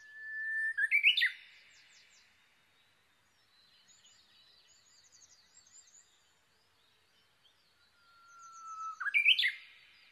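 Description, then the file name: Japanese bush warbler singing twice, each time a drawn-out whistle followed by an explosive warbled phrase, with faint high chirps from other birds in the gap between songs. Recorded 22 May 2011 at 05:43. "uguisu-20110522-0543"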